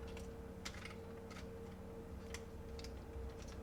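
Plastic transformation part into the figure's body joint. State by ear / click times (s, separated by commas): not seated / none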